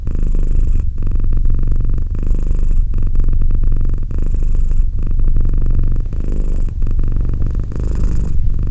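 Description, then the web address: Domestic cat giving a deep, steady purr that swells and eases with each breath. "Cat Purr 201308 Cat purr"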